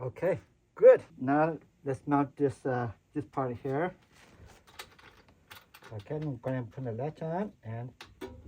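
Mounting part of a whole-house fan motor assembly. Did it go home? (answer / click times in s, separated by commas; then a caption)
no / none. Someone talks while handling the mounting part of a whole-house fan motor assembly. Between about 4.8 and 5.8 seconds, during a pause in the talk, a few short, faint knocks and taps are heard. Nothing has seated or clicked into place yet.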